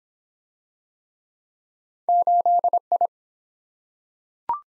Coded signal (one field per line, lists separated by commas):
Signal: Morse code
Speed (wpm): 22 wpm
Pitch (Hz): 700 Hz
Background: none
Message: 8I